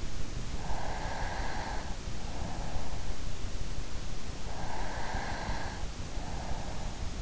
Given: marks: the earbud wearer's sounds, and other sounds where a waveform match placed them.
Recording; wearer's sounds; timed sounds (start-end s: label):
sounds in sleep by an in-ear microphone; breath
0.65-2.99 s: breath
4.19-7.22 s: breath